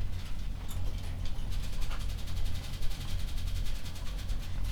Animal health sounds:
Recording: poultry house recording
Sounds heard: sick chickens (respiratory disease)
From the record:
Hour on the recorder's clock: 21

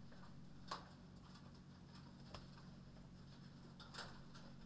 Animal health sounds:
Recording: poultry house recording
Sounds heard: no chicken sound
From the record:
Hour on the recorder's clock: 21

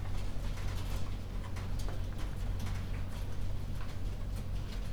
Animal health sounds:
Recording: poultry house recording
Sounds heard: no chicken sound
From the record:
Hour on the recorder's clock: 21

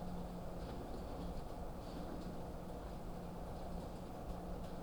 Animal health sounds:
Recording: poultry house recording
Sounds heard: no chicken sound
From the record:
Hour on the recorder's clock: 21

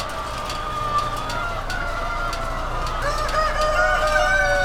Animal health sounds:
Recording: poultry house recording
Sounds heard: healthy chickens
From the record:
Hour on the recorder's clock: 20

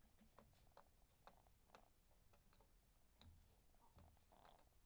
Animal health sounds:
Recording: poultry house recording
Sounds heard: sick chickens (respiratory disease)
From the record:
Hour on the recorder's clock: 22

